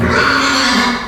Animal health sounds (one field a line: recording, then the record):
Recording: squeal of a Yucatan mini pig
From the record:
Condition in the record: after surgery on the right vocal fold (resection and tissue-engineered implant)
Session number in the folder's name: 16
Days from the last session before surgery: 183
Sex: female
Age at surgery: 19 weeks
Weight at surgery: 25 kg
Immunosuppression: prednisolone